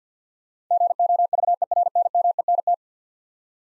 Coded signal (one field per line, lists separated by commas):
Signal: Morse code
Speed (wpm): 52 wpm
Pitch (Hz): 700 Hz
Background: none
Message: GOVERNMENT